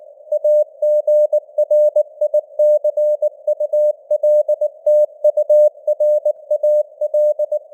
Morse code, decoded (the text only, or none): AGRICULTURAL